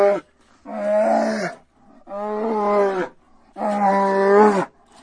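Bear giving long, harmonic, groaning roars, about one second each, repeated roughly every one and a half seconds with brief quiet gaps.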